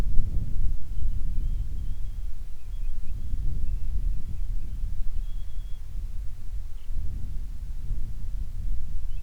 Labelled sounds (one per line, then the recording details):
bird
wind
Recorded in the Prudhoe Bay oil fields, Alaska, on 25 July 2019 at 02:46
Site 11